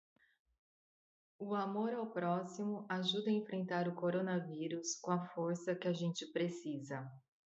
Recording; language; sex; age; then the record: spoken sentence; Brazilian Portuguese; female; 40 to 49 years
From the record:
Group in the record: control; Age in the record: 42 years